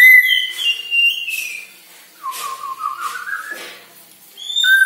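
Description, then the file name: White-rumped shama song of clear whistled notes, a high phrase sliding down, a pause, then a lower rising whistle and a return to high notes. Bornean population; lure recording meant to make birds sing vigorously. "Murai Batu Borneo"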